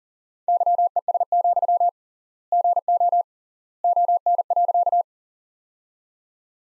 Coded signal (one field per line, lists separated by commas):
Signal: Morse code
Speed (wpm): 40 wpm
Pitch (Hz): 700 Hz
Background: none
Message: YES, GO ON.